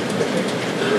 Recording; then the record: background sound without coughing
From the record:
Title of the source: Office Sounds Ambience - Background Noise for Study and Work